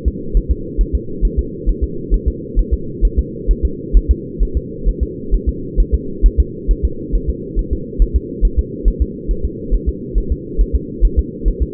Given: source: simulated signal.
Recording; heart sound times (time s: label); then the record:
fetal heart sounds
0.08 s: S2
0.37 s: S1
0.51 s: S2
0.81 s: S1
0.95 s: S2
1.25 s: S1
1.39 s: S2
1.69 s: S1
1.83 s: S2
2.14 s: S1
2.28 s: S2
2.59 s: S1
2.73 s: S2
3.05 s: S1
3.19 s: S2
3.51 s: S1
3.65 s: S2
3.97 s: S1
4.11 s: S2
4.43 s: S1
4.57 s: S2
4.88 s: S1
5.03 s: S2
5.34 s: S1
5.49 s: S2
5.80 s: S1
5.94 s: S2
6.26 s: S1
6.40 s: S2
6.71 s: S1
6.85 s: S2
7.15 s: S1
7.30 s: S2
7.59 s: S1
7.73 s: S2
8.02 s: S1
8.16 s: S2
8.45 s: S1
8.59 s: S2
8.88 s: S1
9.02 s: S2
9.31 s: S1
9.45 s: S2
9.74 s: S1
9.89 s: S2
10.18 s: S1
10.32 s: S2
10.61 s: S1
10.75 s: S2
11.05 s: S1
11.19 s: S2
11.48 s: S1
11.62 s: S2
From the record:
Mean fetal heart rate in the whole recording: 135 bpm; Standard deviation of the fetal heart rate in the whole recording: 3 bpm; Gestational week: 36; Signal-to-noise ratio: -4.3 dB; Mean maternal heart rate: 72 bpm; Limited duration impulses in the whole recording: absent